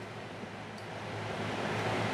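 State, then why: Not seated. A plastic shelf sleeve on a wire shelving pole is handled: the pieces are separated and the sleeve is moved up one slot, with only a steady broadband rushing noise that grows slightly louder. Nothing has clicked or snapped into place yet.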